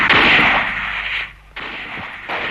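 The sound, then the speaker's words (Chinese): Two gunshots ring out, fired at two collaborators, each a harsh, loud burst of noise trailing off in a long rumbling tail, with a short lull before the next blast hits. No one speaks. “一听外面的枪声，钟连长就知道情况不好”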